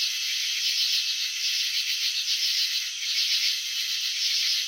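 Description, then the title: Crickets trill together in an unbroken high-pitched pulsing drone, with nothing else audible. Crickets chirping, presented in a slow-motion video showing wing vibrations and antenna movements. "Crickets in Slow Motion 📷. Capturing the Elegance of Chirping"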